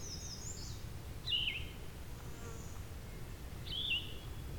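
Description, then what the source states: Yellow-throated Vireo song: two short burry phrases a few seconds apart over low background noise. Described as not a frequent singer; its song is likened to a Red-eyed Vireo's with a sore throat. Recorded at a spot between a quarry and a field.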